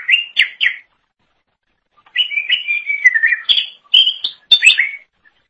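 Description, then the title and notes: Leafbird song: a short burst of chirpy notes, a pause, then a longer run of warbled whistles that dip and rise again, ending with sharp high notes. Cucak ijo song. "Suara Kicauan Burung Cucak Ijo"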